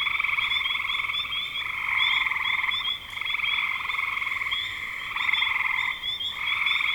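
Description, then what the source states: Croaking frogs in chorus, repeated buzzy trills nearly continuous with short pauses, accompanied by faint high-pitched chirps. Spring 2025.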